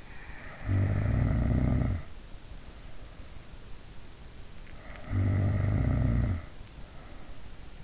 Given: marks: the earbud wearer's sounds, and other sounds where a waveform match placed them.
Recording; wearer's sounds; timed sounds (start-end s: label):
sounds in sleep by an in-ear microphone; snoring breath
0.00-2.23 s: snoring breath
4.57-7.49 s: snoring breath